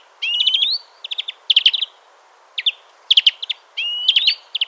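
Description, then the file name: European greenfinch calling, quick trills of chirping notes around mid-high pitch mixed with drawn-out rising wheezy whistles, in short bursts separated by brief pauses. "Chloris chloris"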